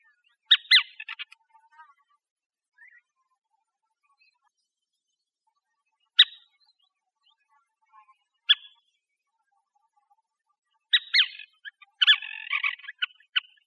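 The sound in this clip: Streaked flycatcher calls: sharp squeaky bursts separated by silences of several seconds, ending with a burst of rapid harsh chattering notes.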